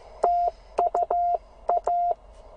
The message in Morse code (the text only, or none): TUA